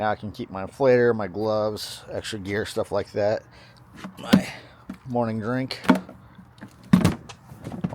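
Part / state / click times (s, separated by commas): hard saddle bag lid into its latch on the bag body / seated / 6.9 s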